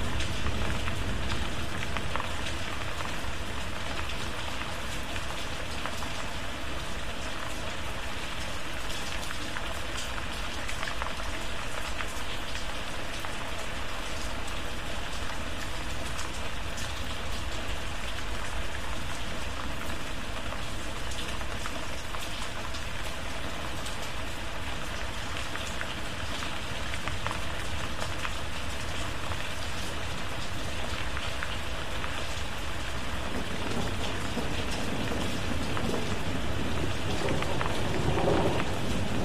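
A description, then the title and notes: Steady, dense rain hisses across the whole clip at an even level, with a faint low rumble underneath. No distinct thunderclaps stand out. Near the end, around thirty-three seconds, a faint low tone that ran underneath drops away. Rain And Thunderstorm White Noise.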